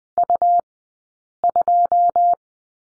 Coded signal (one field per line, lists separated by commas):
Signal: Morse code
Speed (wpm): 20 wpm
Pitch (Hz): 700 Hz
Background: none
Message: U2